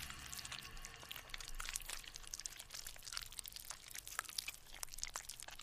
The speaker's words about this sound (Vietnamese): Cô chỉ kêu lên thất thanh, rồi nghe tiếng cái miệng phát ra âm thanh rào rạo.